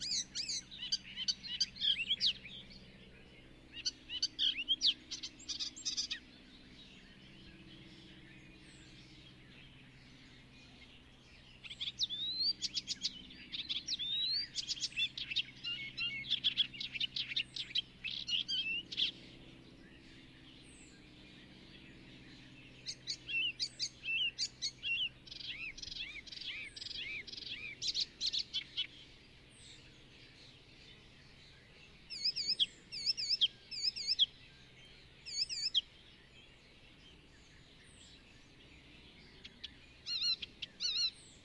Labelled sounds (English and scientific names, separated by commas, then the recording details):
Icterine Warbler (Hippolais icterina) song
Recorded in the wild
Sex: male
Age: adult
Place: Hobrechtsfelder Rieselfelder, Naturpark Barnim, Berlin, DE
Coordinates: 52.6658, 13.4697
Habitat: open landscape
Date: 2012-05-28 08:45
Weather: 20°C, sunny, almost windless
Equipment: Sound Devices 702, Sennheiser MKH 70, Rycote Windschutz
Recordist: Frommolt, Karl-Heinz
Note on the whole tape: Gesang eine Gelbspötters. Tier singt in einem Eschenahornbaum. Am Schluss Fluglärm